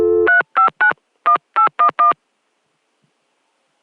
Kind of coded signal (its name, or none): DTMF